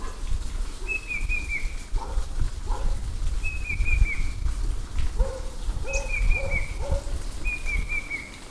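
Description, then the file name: Banded bay cuckoo repeating a high falling whistled phrase four times, over strong low rumbling noise and lower, shorter calls. "cuckoo-banded-bay -Cacomantis-sonneratii"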